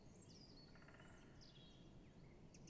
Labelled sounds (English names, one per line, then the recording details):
Great Spotted Woodpecker
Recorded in Germany
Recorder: ecoPi